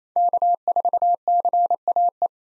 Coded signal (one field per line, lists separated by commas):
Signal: Morse code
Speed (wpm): 28 wpm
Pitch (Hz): 700 Hz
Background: none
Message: K4CAE